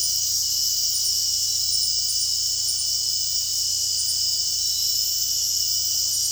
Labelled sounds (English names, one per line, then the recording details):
none
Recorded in secondary vegetation near Puerto Asís, Putumayo, Colombia, on 18 February 2024 at 00:00
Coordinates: 0.489, -76.322
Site G6419